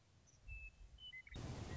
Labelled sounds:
Western Meadowlark
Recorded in Sonoma County, California

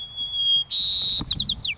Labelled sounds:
White-crowned Sparrow
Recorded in Sonoma County, California

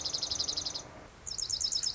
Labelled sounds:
Dark-eyed Junco
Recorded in Sonoma County, California

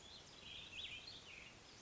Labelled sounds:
Cassin's Vireo
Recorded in Sonoma County, California

